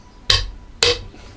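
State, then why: Seated. A caster wheel's stem is slotted into a hole in the base of a dress form and pushed in until it clicks. Two sharp clicks are heard at 0.3 s and 0.8 s over a quiet background. The wheel is seated in the base socket.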